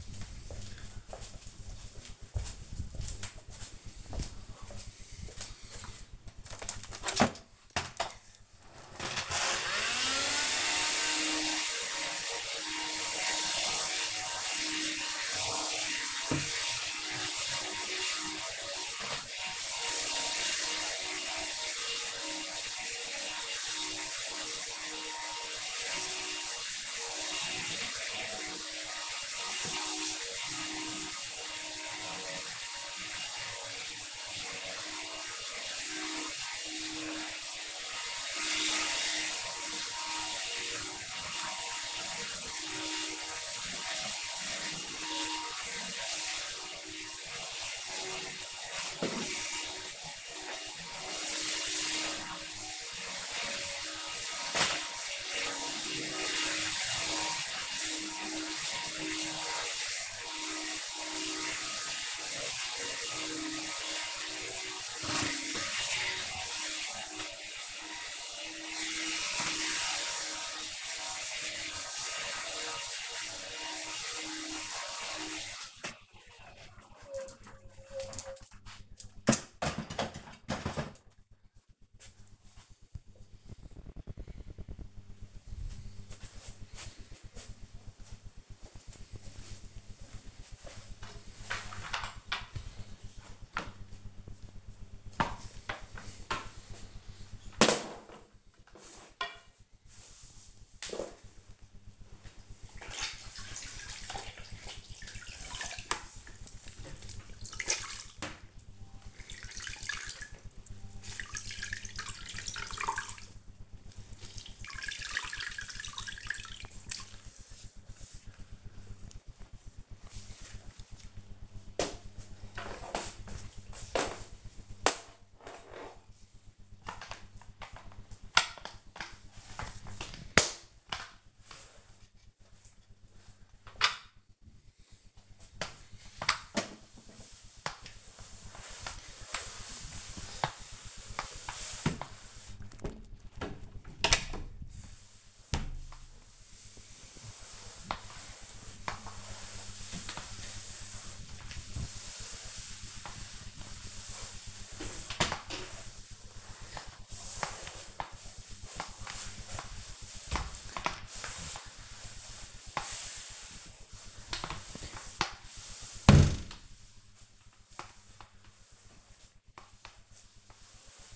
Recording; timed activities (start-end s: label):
household activities, microphone on the right wrist
7.13-75.57 s: vacuum cleaning
92.68-171.16 s: floor cleaning